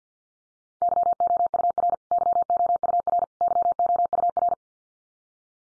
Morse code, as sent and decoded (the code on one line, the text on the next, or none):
-.-- --- ..- .-. / -.-- --- ..- .-. / -.-- --- ..- .-.
YOUR YOUR YOUR